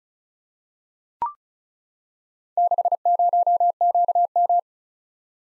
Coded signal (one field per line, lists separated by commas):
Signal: Morse code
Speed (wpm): 36 wpm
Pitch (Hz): 700 Hz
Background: none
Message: 60QM